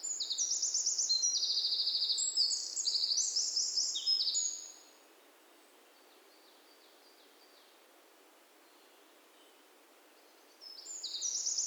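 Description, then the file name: Eurasian wren delivering a loud, rapid trilling song for several seconds, then a long quiet pause before the next burst of high trills begins. "Troglodytes troglodytes"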